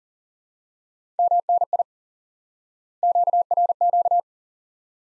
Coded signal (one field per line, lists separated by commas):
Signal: Morse code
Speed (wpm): 39 wpm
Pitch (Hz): 700 Hz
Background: none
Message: MNI QRQ